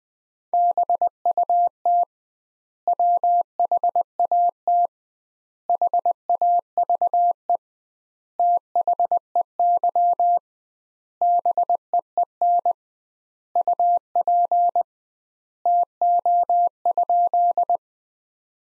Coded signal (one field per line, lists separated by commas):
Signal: Morse code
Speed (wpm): 21 wpm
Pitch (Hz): 700 Hz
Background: none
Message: BUT WHAT HAVE THEY BEEN UP TO?